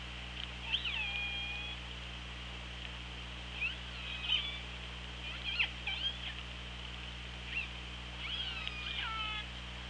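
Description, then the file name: Orca calls, several bending harmonic squeals spread throughout, mixed with short clicks and bursts, over steady hiss and hum. Recorded on the OrcaLab hydrophone, 24 August 2017, around 16:30. "Orca Lab 20170824 163009"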